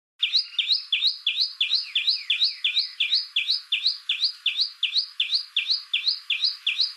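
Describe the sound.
Tailorbird call: a rapid, steady series of sharp chirps, about three per second, repeated throughout.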